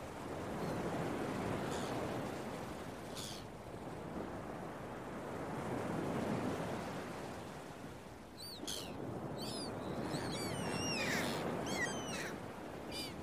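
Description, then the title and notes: Gulls calling, a few faint cries at first, then a burst of many overlapping squealing cries toward the end, with rolling ocean waves throughout. Gulls early in the morning at a beach, with waves. "Early Morning Seagulls and Beach Waves. Listen to the sounds of the seagulls and some relaxing beach waves early in the morning. RainManCJ"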